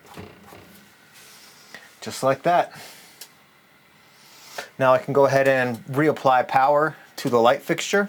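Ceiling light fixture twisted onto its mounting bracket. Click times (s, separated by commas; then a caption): 1.7 s. A closet ceiling light fixture body is set over its mounting bracket and twisted to the right until it locks into place, with a short sharp click at 1.8 s as it seats. Two more brief knocks follow around 3.2 s and 4.6 s, and someone talks throughout. The fixture ends up locked onto the bracket.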